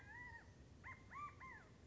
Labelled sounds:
California Quail

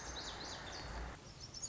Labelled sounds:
Lazuli Bunting

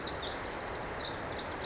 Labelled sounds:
Pacific Wren

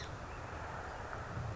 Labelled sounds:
Song Sparrow

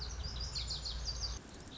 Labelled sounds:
Lazuli Bunting

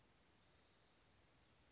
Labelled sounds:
Spotted Towhee

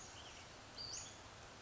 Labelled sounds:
Western Flycatcher

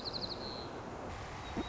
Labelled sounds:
White-crowned Sparrow

